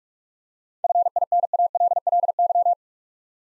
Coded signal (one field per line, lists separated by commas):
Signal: Morse code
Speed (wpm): 44 wpm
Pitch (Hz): 700 Hz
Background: none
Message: FINALLY